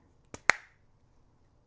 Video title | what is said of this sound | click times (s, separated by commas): Everything you Need to Know on How to Change Wheels on Inline Skates | And it clicks right in. | 0.5 s